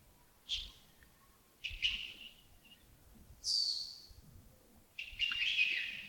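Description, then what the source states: Bird calls, a few drawn-out notes that slide downward, spaced a second or more apart, the last ones longer and fuller. Birds recorded early in the morning at Yagongding (亚公顶) on 28 December 2025, around 07:40.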